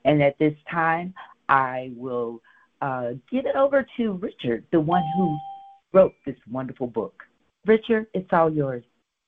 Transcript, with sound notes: And at this time, I will, uh, give it over to Richard, the one who- (dinging)
... wrote this wonderful book. Richard, it's all yours.